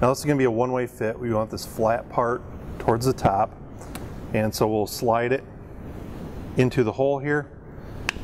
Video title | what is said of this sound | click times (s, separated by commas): Ford 6.0 Liter Powerstroke Fuel Injector Installation | and we need to make sure it's clicked and locked into place | 8.1 s